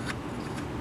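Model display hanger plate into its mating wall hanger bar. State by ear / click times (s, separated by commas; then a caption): not seated / none. Once the glue has dried, the interlocking display hanger plate for wall-mounting a Moebius Models HAL9000 kit (MOE20015) is handled and brought up to its mating wall hanger bar. A steady low rumble runs throughout, with faint brief scraping touches around 0.1 s and 0.6 s. Nothing has seated or clicked yet.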